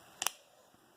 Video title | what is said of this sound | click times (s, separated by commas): Laptop Disassembly | at a 45, and then just press it down and it snaps in. You can hear the little snap. | 0.2 s, 0.3 s